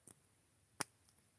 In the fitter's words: There we go. That was a good little good little clicky noise.